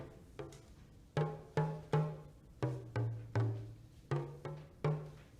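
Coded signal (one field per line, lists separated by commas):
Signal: talking drum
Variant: West African talking drum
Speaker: was that there was a drum [Music] can you hear the change in tune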